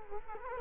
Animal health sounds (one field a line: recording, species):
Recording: mosquito wingbeat signal from an infrared sensor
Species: Culex quinquefasciatus